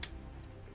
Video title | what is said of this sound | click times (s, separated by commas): Transformers Studio Series Leader Class Scavenger Review | there we go right then you can just bring this whole bit down you'll hear click okay | 0.0 s